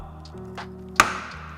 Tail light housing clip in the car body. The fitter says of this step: the clip free that's holding it in place on the outer side you're going to hear it pop out